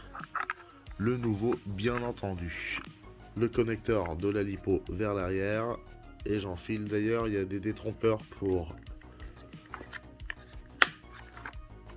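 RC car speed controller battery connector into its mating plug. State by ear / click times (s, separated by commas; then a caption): seated / 10.8 s. Someone talks over background music while pushing the new speed controller's keyed plastic connector, on the LiPo side and wired toward the rear, home into its mating plug in a Traxxas Slash 1/16 RC car being upgraded to VXL brushless 3S. A sharp click at 10.8 s confirms the connector is fully seated.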